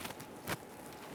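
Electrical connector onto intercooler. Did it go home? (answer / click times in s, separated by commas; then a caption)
no / none. An electrical connector on the passenger side of the intercooler of a 2013-2020 Ford Fusion 2.0L L4 is handled while it is being pressed in, during radiator replacement. Soft handling noises are heard, with a brief sharper sound near 0.2 s and a louder burst around 0.5 s. Nothing has seated or clicked yet.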